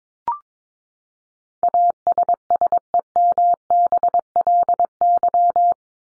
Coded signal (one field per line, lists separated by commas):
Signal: Morse code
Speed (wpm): 22 wpm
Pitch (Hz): 700 Hz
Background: none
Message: ASSEMBLY